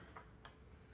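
A nylon gear, metal-faced side facing out, is lowered back onto its shaft in the clutch-side housing of a four-stroke engine case, where it sits loose for the cover to hold. Two faint, short ticks are heard at about 0.2 s and 0.5 s as it drops toward its seat. Nothing has seated yet when the clip ends.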